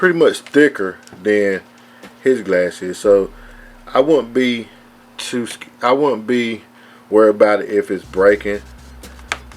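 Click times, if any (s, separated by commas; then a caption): 9.3 s. Someone talks while working a tightly pegged plastic panel loose near the translucent windshield piece on a Transformers Legacy Evolution Deluxe Class Origin Jazz robot toy during its transformation. A sharp snap rings out at 9.3 seconds as the tight part pops free; it is not breaking, just tight.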